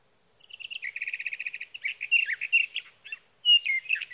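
Sage thrasher song starting with a quick series of rapid, evenly repeated notes, then changing to a varied, rollicking warble with a brief gap before a final phrase.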